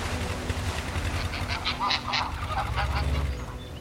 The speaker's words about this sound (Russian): Гуси прилетели домой.